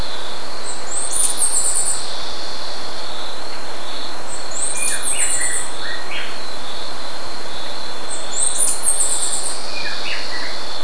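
Bird calls: three bursts of high chirping notes, with lower clipped notes after the second and third bursts, over a steady high-pitched hum.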